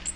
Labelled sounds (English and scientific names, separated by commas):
Magnolia Warbler (Setophaga magnolia) flight call